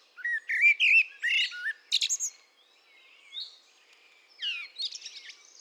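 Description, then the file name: Common blackbird song: a low fluted warble of several notes, then a high squeaky twittering flourish, with a shorter twittered phrase near the end. "Turdus merula"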